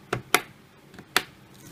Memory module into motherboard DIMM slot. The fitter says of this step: yeah one side this side doesn't really matter I just sort of push it down until I hear both of them click in place